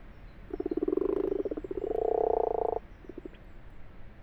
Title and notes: Ca roucoule dans le lavoir. 21 février 2020-12h45-Fourcinet - Drôme. roucouler les Grenouilles rousses (Rana temporia)